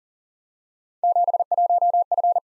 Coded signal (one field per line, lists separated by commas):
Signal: Morse code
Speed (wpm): 38 wpm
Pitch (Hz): 700 Hz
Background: none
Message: 71F